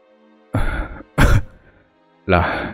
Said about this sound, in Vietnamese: ôm ngực ho lên một tràng dài, rồi phun ra một ngụm máu tươi.